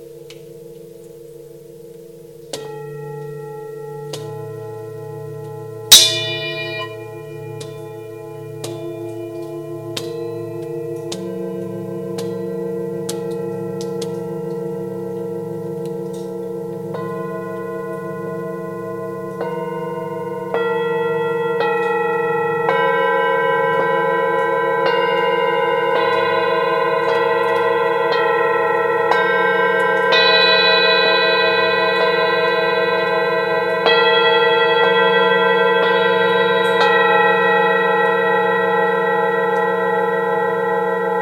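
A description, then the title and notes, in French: Tibetan singing bowls ring in long sustained tones over a low droning pulse, layering and swelling louder, with a sharp strike near six seconds. Concert de bols tibetains dans une grotte.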